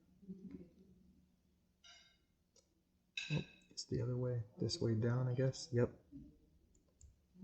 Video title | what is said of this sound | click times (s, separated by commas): Nikon Coolpix A1000 4K Ultra HD Camera with Gorillapod camera stand unboxing and review. | just clicks into place so there you go | 7.0 s